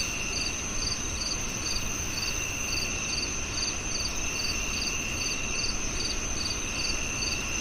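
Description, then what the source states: Cricket chirps repeat evenly in a bright pulsing rhythm over a constant high trill and soft rushing noise beneath. At night.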